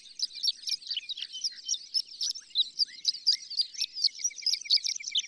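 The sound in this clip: Horned lark pouring out a high, rapid, tinkling jumble of thin notes, busy and unbroken from start to finish.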